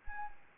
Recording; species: mosquito wingbeat signal from an infrared sensor; Anopheles arabiensis